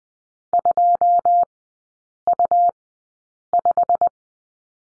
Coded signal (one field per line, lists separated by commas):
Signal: Morse code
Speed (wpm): 20 wpm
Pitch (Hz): 700 Hz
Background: none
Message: 2U5